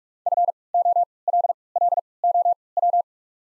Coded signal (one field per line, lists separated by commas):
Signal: Morse code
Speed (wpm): 45 wpm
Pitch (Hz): 700 Hz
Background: none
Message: FOLLOW